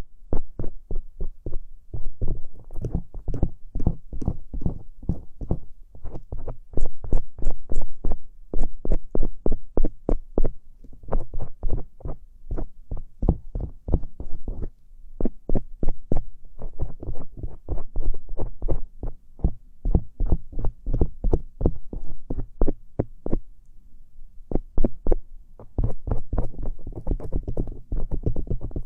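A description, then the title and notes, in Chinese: Ear cleaning is heard as rapid, muffled thumps and scratchy clicks in irregular bursts, with short pauses and a steady low rumble. 掏耳朵。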